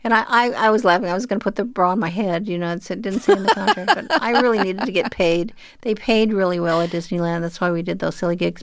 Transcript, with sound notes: And I was laughing. I was going to put the bra on my head, you know, and say, it didn't say in the contract... (Laughter) But I really needed to get paid. They paid really well at Disneyland. That's why we did those silly gigs.